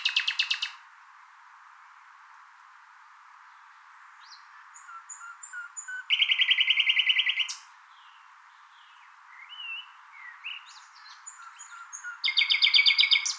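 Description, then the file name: Common nightingale song in separate phrases: loud rapid rattling trills alternate with quieter, varied whistled and chipping notes, with short silences between phrases. "Luscinia megarhynchos"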